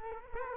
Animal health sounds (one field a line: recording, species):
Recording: mosquito wingbeat signal from an infrared sensor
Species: Culex quinquefasciatus